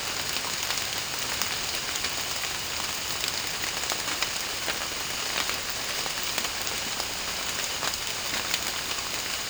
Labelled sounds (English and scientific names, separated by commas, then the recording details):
none
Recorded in secondary vegetation near Puerto Asís, Putumayo, Colombia, on 21 March 2025 at 15:30
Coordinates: 0.502, -76.326
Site G100